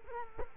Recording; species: mosquito wingbeat signal from an infrared sensor; Culex quinquefasciatus